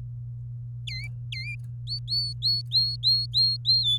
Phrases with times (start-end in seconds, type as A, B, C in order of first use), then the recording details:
0.87-1.07 A, 1.32-1.55 A, 1.87-3.98 B. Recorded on 24 April 2018 at 10:06. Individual llb3